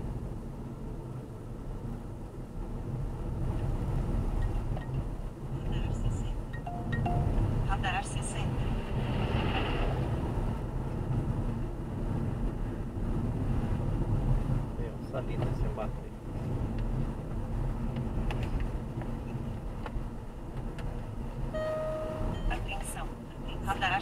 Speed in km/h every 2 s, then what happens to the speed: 41, 40, 43, 42, 47, 46, 46, 45, 47, 49, 50, 50.
0-24 speeds up to 50.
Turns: none.